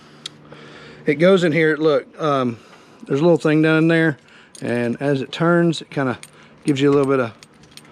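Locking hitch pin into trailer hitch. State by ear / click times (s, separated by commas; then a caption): not seated / none. A locking hitch pin is handled at a trailer hitch, being pushed in and turned, while someone talks over most of the clip. Brief sharp ticks are heard near 0.3 s and 7.8 s, along with faint jangling. The pin has not yet snapped into place, and nothing has seated or clicked yet.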